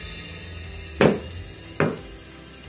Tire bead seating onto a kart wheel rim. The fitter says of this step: make sure you hear two clear pops one for each side